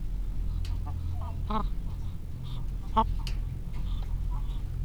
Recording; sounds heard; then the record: poultry house recording; sick chickens (respiratory disease)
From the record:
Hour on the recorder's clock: 17